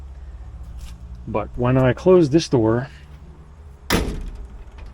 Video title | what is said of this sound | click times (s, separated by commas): Stage Two — 1964 International Harvester Travelall C1100 | so that's locked | 3.9 s